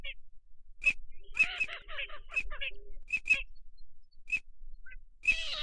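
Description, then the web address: Ducks giving short high peeps at uneven intervals, broken by a rough, gabbling run of calls in the middle and a noisy flurry at the end. Migratory ducks, both male and female. "Male and female migratory ducks. صدای-مرغابی-های-مهاجر-نر-و-ماده"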